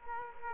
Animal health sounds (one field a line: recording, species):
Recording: mosquito wingbeat signal from an infrared sensor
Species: Culex quinquefasciatus